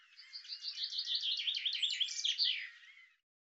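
Bird singing a dense trill of high, slurred chirps that blur together slightly, ending with a falling flourish and fading away.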